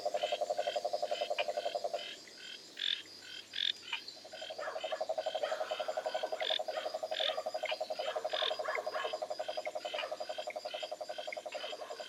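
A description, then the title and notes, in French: Frogs and tree frogs call in a dense chorus, with a steady, fast pulsing trill that drops out briefly around two to four seconds, then returns. Over it, brighter chirps and clicks from other frogs repeat in quick, irregular bursts throughout. Petite composition musicale à partir d'enregistrements de grenouilles et rainettes du Costa-Rica. Enregistrements : novembre-décembre 11 - Mise en ondes & mix : Arnaud Forest - Réalisation : Rodolphe Alexis.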